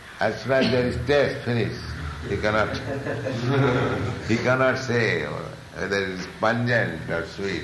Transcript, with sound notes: as soon as there is taste—finished. They cannot... [laughter] He cannot say whether it is pungent or sweet.